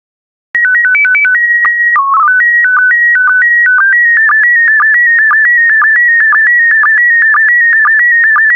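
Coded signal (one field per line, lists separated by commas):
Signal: SSTV (slow-scan television)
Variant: PD120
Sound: short stepped tone header, then a continuous warbling whistle with regular clicks twice a second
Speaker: get ready starting transmission in 5 4 3 2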